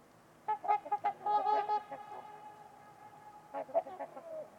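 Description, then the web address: Trumpeter swans trumpeting, a quick series of nasal, bugle-like honks followed by a pause and a second short cluster of calls. Trumpeter swans at Winters Lake on a winter's eve in a deep, quiet valley. "Trumpeter Swans on a Winter's Eve. Winters-Lake-with-Swan. Wind Is the Original Radio"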